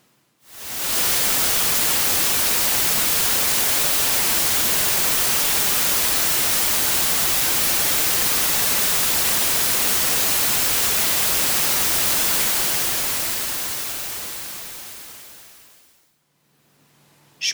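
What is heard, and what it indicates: A steady, hissing, bright noise fades in over the first second, holds for about eleven seconds, then slowly fades out, with a faint low hum at the end. This is a masking noise used in tinnitus frequency therapy.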